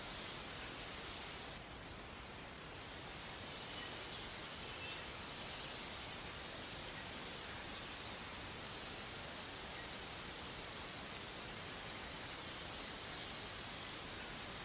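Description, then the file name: Japanese waxwing with high, sibilant trilled calls repeated in short bursts after an early pause, louder in the middle, against steady hiss. "Canto da japanese Waxwing"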